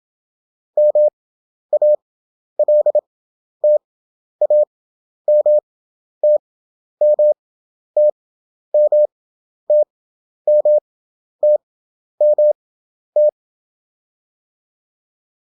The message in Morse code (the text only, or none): MALTA MT MT MT MT MT